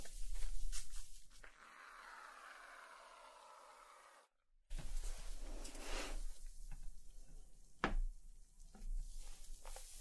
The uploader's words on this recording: ASMR Relaxing Haircut Roleplay (Layered Sounds & Real Hair Cutting).